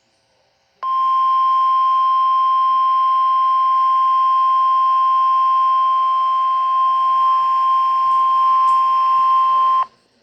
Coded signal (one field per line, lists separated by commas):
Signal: Emergency Alert System (SAME) tones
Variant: 1050 Hz attention tone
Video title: Required Weekly Test on KHB-32 (EAS #84)